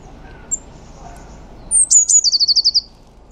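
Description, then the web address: Eurasian blue tit call after a quiet start: a few very high thin notes run into a brisk trill of repeated buzzy notes, the whole phrase lasting about a second. "cianscape. Deverinetal"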